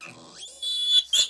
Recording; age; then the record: pig call; piglet (1 to 25 days)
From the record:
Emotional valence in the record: negative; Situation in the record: castration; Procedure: castration, cut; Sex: male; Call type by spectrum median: high-frequency call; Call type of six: mixed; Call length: 1.30 s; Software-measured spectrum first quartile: 3399 Hz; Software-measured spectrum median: 3755 Hz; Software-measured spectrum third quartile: 5981 Hz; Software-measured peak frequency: 3443 Hz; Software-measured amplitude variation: 141 dB a second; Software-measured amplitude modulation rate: 15.0 a second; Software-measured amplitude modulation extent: 9.4 dB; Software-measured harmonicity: 18.3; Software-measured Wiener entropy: -3.35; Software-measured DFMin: 1150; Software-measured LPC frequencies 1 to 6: 1470, 3425, 4008, 6906, 7484, 8471 Hz